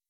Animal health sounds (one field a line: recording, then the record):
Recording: hydrophone in a shrimp aquaculture tank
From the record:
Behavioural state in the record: weakened